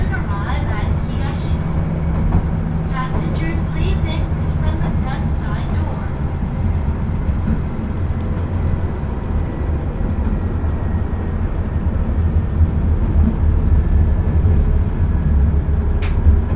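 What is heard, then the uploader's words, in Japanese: Inside a crowded one-car railbus on the Akechi Railway, a deep, steady engine rumble runs throughout at an even level. Voices of passengers chatter over it, clearest in the first six seconds, and a brief sharp click sounds near the end. 明知鉄道 明智→恵那。１両のレールバスは子供連れや高校生もいるなど一杯で予想外のにぎわいでした。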